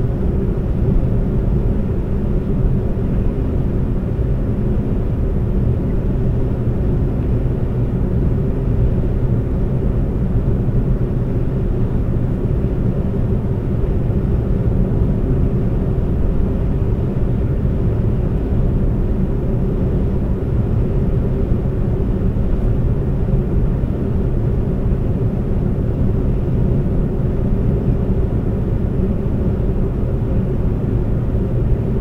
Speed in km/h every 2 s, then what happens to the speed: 124, 122, 122, 122, 124, 124, 126, 127, 126, 126, 126, 126, 126, 124, 124, 124.
0-32 steady at about 124.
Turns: none.